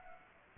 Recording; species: mosquito wingbeat signal from an infrared sensor; Anopheles gambiae